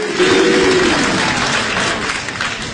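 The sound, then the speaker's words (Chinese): Audience applause at a live xiangsheng (crosstalk) comedy performance fills the whole stretch, a dense, steady wash of many hands clapping that holds strong for nearly three seconds and eases only slightly at the end. “谢谢朋友们， 谢谢大家伙的掌声鼓励。”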